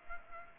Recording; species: mosquito wingbeat signal from an infrared sensor; Culex pipiens